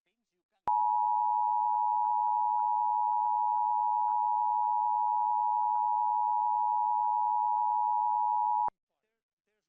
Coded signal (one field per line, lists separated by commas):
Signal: Emergency Alert System (SAME) tones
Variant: 853 and 960 Hz attention tone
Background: speech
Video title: WTWO-DT2 Severe Thunderstorm Warning EAS (3/15/2026)